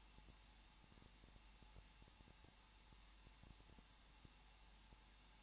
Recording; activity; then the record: daily activity, microphone in the room; no activity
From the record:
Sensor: 1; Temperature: 20.1 degrees Celsius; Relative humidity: 39.4%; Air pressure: 1006.4 hPa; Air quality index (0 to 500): 218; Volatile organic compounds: 80 ppm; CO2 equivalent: 3608 ppm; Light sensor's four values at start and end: 1/2/1/1 and 1/2/1/1